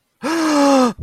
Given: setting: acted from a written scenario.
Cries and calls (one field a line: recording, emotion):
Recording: vocal sound without words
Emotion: negative surprise